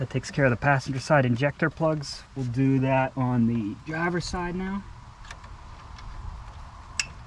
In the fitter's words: Make sure you hear it click. You don't want these to come loose.